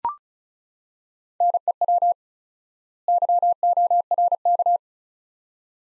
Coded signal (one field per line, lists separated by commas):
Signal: Morse code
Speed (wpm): 36 wpm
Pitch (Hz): 700 Hz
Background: none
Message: NEW YORK